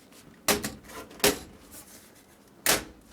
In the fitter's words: and it should snap right in place.